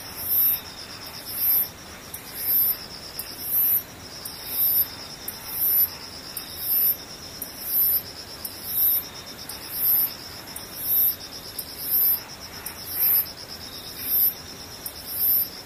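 An insect chirps in high, buzzing pulses repeating about every 0.8 seconds, each burst short and regular over a faint steady hiss.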